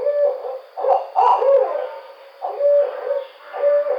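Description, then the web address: Barred owl giving loud hoots, a cluster of wavering notes early on, then two more separated hoots after a short quiet gap. Recorded on 5 June 2009. "Barred Owl 2009 06 05"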